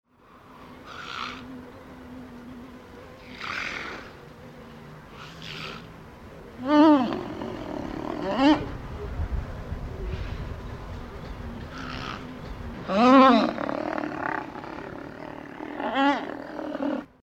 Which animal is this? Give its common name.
Black Rhinoceros